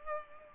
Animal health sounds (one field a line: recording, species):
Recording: mosquito wingbeat signal from an infrared sensor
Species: Culex pipiens